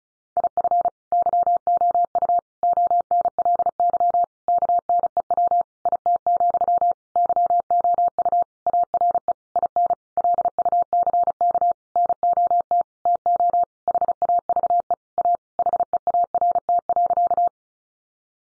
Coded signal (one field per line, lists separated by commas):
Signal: Morse code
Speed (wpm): 34 wpm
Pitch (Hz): 700 Hz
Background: none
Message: IF YOU ONLY KNEW IT, YOU ARE IN LUCK NOT TO HAVE A HEART.